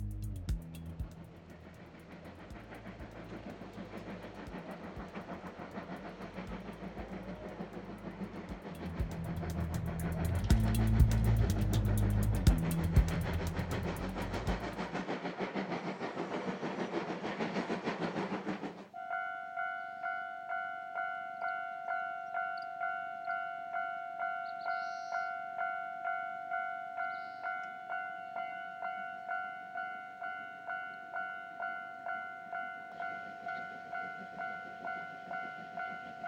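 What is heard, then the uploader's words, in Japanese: A steam-hauled train rumbles past, its deep, dense roar swelling to a peak around ten to thirteen seconds before easing off. At about nineteen seconds the sound switches to a level-crossing bell ringing in a fast, even beat until the end. JR山口線を走るC57 1牽引の「SLやまぐち号」です。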